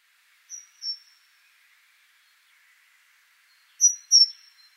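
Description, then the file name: Great tit call, two pairs of piercing high whistled notes, the second pair louder, separated by a pause of about three seconds. "Parus major"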